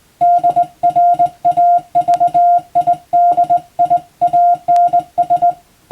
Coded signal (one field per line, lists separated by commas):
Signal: Morse code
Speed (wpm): 21 wpm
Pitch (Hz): 700 Hz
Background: music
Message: DRAVIDIANS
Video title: 無線従事者国家試験総合無線通信士電気通信術のトレーニングにＣＷを打ってみました。アマチュア無線ハムの受信練習にもどうぞ(morse code practice for radio operator )